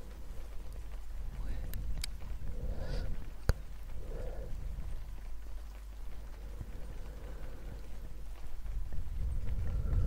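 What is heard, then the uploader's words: A few crisp wooden taps land around the second and third-and-a-half second marks over a steady low rush like breath blown across a microphone. Soft murmured sounds surface briefly near three and four seconds, and the hushed rumble continues to the end. Gentle wood tapping, ear blowing.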